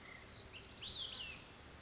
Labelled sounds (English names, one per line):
Olive-sided Flycatcher